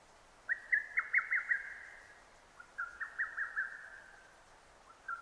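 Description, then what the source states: Lesser cuckoo song: two fast, staccato whistled phrases of five or six notes, with a third phrase beginning at the end. Recorded 6 June 2009.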